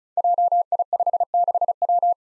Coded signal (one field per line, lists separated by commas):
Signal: Morse code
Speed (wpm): 36 wpm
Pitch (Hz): 700 Hz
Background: none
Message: JI56W